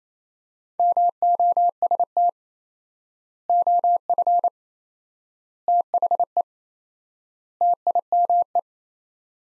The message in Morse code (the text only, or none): MOST OF THE TIME